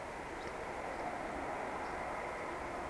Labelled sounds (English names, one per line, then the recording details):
Eurasian Woodcock whistle
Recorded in Baden-Württemberg, Germany, on 17 June 2020 at 20:24 UTC
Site 14569, 102 m above sea level